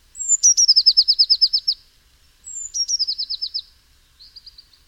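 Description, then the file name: Eurasian blue tit singing: a thin high whistle sliding down into a quick even trill of about a dozen notes, then a shorter repeat of about eight notes, then a short softer trill. "Cyanistes caeruleus"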